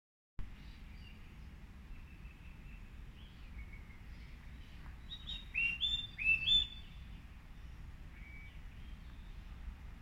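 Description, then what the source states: Black-winged cuckooshrike calling: faint high whistles at first, then a few louder, clear whistled notes that slur downward in a short series, over a low rumbling background. Recorded on 9 June 2019.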